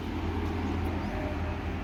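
A DC fast-charger plug is being handled at the charging inlet of a 2024 Tata Tiago EV, with steady low engine-like vehicle rumble and outdoor background noise throughout. No click or sharp hit is heard, and the plug has not seated or clicked yet.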